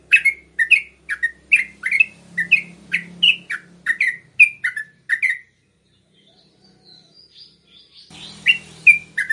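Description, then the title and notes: Yellow-vented bulbul chirping quickly for about five seconds, then a quiet gap with faint whistles, then a few more chirps over a hiss. Used to train captive birds; song styles called tembakan and ropel. "MASTERAN Trucukan Tembakan Dan Ropel. BURUNG TRUCUKAN"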